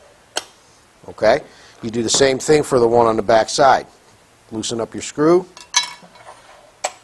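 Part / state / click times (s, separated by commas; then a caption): support arm collet sliding back on a pipe threader mount / seated / 0.4 s. The metal collet on a support arm of a RIDGID 141 pipe threader, being mounted to a 300 power drive, is slid back after its eighth-inch set screw is loosened with an Allen wrench, and it clicks into its detent at 0.4 s. Someone then talks, with two more brief sharp sounds near 5.8 s and 6.9 s. The collet is seated in place.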